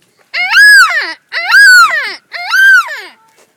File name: Yellow tailed black cockatoo